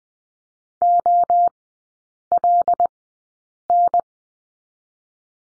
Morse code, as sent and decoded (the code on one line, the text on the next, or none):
--- .-.. -.
OLN